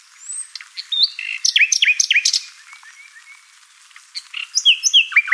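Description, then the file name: Common nightingale song: varied high phrases, a fast run of repeated sharp notes, a short lull of soft notes, then another burst of chirps and slurred whistles. "Luscinia megarhynchos"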